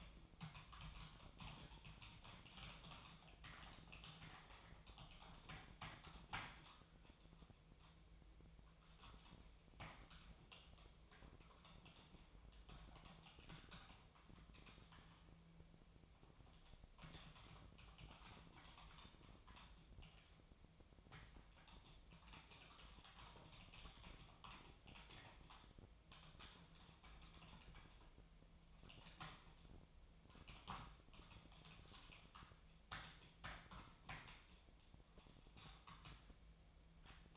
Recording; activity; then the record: daily activity, microphone in the room; typing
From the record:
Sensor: 1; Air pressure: 999.2 hPa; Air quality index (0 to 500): 209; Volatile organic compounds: 51 ppm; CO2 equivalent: 3309 ppm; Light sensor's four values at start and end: 9/22/8/9 and 9/22/8/9